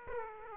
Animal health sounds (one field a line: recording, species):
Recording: mosquito wingbeat signal from an infrared sensor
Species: Aedes aegypti